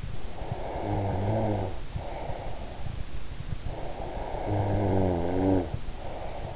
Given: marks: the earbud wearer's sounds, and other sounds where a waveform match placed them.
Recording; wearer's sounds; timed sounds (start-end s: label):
sounds in sleep by an in-ear microphone; snoring breath
0.27-3.00 s: snoring breath
3.65-6.56 s: snoring breath